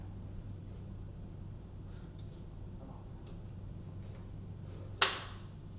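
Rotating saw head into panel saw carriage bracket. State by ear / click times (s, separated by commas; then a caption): seated / 5.0 s. The motor and blade head of a wall panel saw is rotated back into its carriage bracket for crosscut orientation, and it locks with a single sharp click at 5.0 s. Before that there is only a low, steady hum with faint taps. The head is seated in its locked position, with the labels reading straight up and down.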